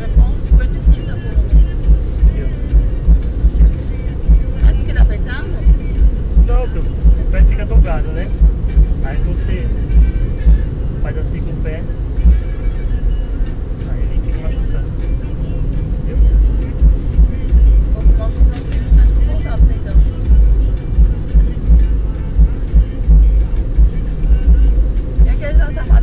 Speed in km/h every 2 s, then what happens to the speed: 74, 75, 76, 76, 75, 76, 77, 76, 77, 76, 74, 71, 69.
0-17 steady at about 76. 17-26 slows to 69.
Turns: none.